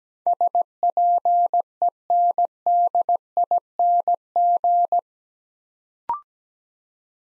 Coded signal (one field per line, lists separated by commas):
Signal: Morse code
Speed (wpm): 17 wpm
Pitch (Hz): 700 Hz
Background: none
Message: SPENDING